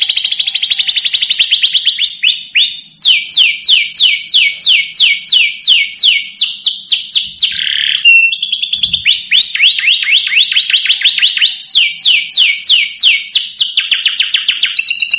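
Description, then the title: Domestic canary song: long stream of quick sweeping notes and rolling trills, shifting pitch between phrases, with one brief break near the middle. Song played to excite Belgian canaries into singing back at once. "Canto Para Esquentar Canário Belga. Suara Kenari Bikin Emosi & Langsung Nyaut"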